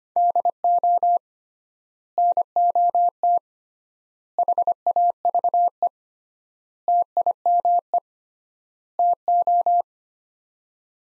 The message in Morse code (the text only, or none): DO NOT HAVE TIME TO